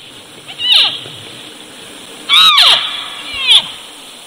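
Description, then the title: Elk squeals: short, high, harmonic notes in a few bursts, some sliding downward, over steady background noise. Early rut, during a total eclipse. "Early Rut Total Eclipse Elk Vocalizations"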